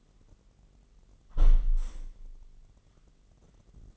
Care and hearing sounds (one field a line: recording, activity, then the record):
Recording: daily activity, microphone in the room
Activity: close window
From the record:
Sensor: 4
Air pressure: 999.3 hPa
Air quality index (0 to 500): 112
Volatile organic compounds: 2 ppm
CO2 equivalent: 1112 ppm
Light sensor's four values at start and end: 14/34/14/15 and 14/34/14/15